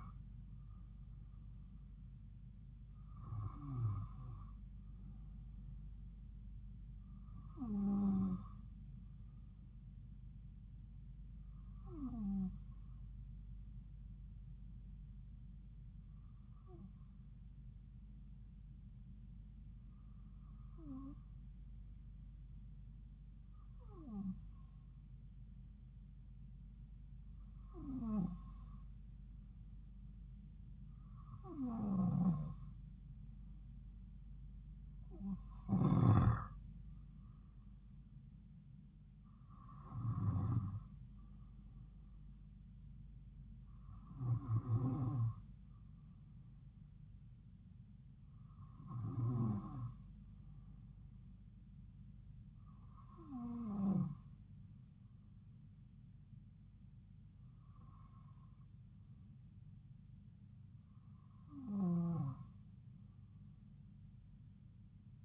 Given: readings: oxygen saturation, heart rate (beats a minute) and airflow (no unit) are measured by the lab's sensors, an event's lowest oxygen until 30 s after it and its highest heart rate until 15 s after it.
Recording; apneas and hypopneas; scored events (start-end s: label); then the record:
breathing in sleep by a smartphone at the bedside; none
none scored
From the record:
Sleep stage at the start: N2 (light sleep); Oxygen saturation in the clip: 92 to 95%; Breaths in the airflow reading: 16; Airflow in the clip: -3.2 to 4.1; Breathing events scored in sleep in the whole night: 270 in 6.1 hours asleep